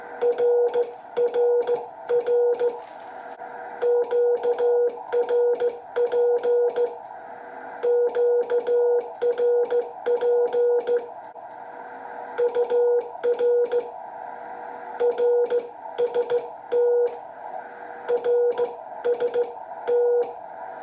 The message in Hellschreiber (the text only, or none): none